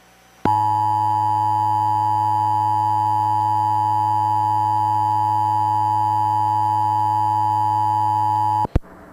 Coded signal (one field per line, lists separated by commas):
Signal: Emergency Alert System (SAME) tones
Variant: 853 and 960 Hz attention tone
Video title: Pennsylvania EAS Test In 2008 (MOCK)